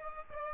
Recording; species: mosquito wingbeat signal from an infrared sensor; Aedes aegypti